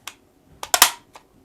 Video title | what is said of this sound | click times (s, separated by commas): Unboxing And Using The Brother P-touch PT-H110 Label Maker - Start Labeling With Style! | pops right in there you go and we're going to test this thing out | 0.7 s